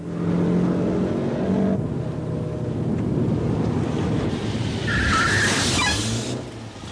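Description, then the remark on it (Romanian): A car rumbles along with steady road and wind noise, then brakes, its tires letting out a short high squeal before the rumble fades as it comes to a stop. “Nu vrei să oprești mașina?”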